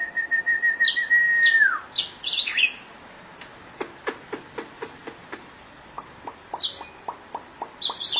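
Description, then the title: Oriental magpie-robin giving a long flat whistle that drops at the end with high chirps, then rapid series of sharp ticking clicks among a few more chirps. Chirping song (kicauan) of the bird. "Suara Kicauan Burung Kacer"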